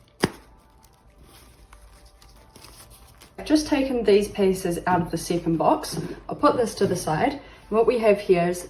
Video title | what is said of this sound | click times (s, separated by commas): The Magical Wind Dragon Assembly Video (Step-by-step) | and we want to push it on firmly until you hear it click | 0.2 s